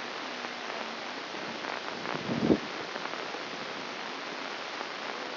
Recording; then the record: brain microelectrode recording played as sound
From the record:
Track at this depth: inside the subthalamic nucleus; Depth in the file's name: 6.305 mm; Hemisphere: left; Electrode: 2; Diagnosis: Parkinson's disease